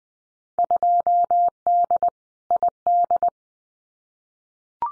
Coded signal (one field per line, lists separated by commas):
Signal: Morse code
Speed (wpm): 20 wpm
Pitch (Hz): 700 Hz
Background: none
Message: 2D ID